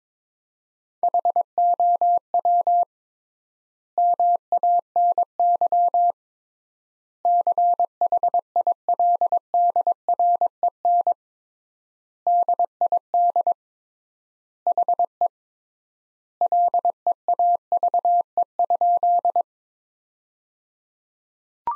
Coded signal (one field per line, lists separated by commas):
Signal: Morse code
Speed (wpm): 22 wpm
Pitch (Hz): 700 Hz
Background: none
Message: HOW MANY CHILDREN DID HE LEAVE?